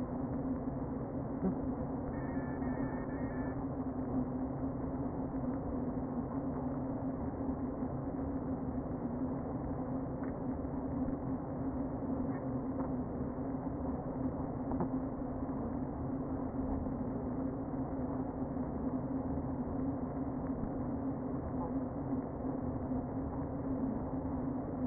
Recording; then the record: honeybee colony, microphone inside the hive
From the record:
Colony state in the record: queen present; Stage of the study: before two queens were removed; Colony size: about 60,000 bees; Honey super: yes